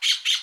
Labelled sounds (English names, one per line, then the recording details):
Brown-throated Parakeet contact call
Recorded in Aruba
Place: Cunucu Arikok, S side of Ceru Arikok
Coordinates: 12.502, -69.950